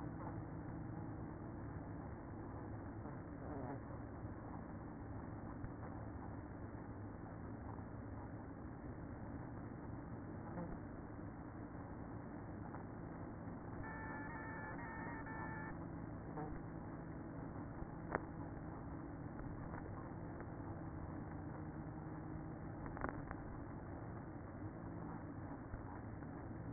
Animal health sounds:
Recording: honeybee colony, microphone inside the hive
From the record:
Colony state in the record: queen present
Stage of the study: after two queens were removed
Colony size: about 60,000 bees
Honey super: yes

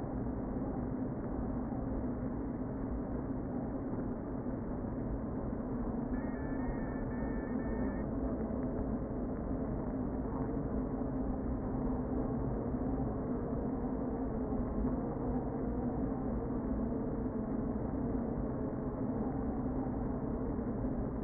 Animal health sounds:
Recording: honeybee colony, microphone inside the hive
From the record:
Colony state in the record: queen present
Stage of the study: before two queens were removed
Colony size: about 60,000 bees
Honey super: yes

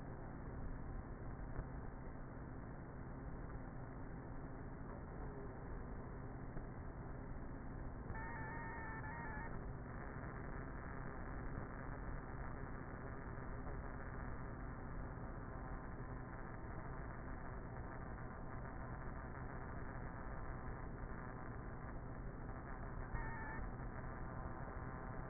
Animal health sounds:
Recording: honeybee colony, microphone inside the hive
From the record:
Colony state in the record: queenless with a low population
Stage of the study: before two queens were removed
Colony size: about 30,000 bees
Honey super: no

